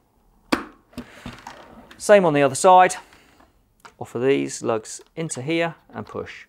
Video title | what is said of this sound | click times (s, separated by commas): How to change a visor: Shark Skwal and D-Skwal motorcycle helmets | it nice and straight and push till we hear that click | 0.5 s